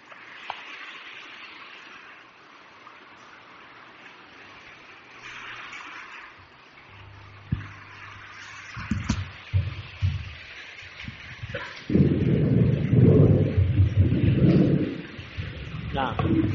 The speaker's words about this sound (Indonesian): Mulai hujan ini.